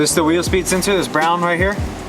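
Someone talks while handling the brown plastic wheel speed sensor connector, about to plug it back into its mating harness plug on the front suspension of a pickup truck, with faint music underneath. Nothing has seated or clicked yet.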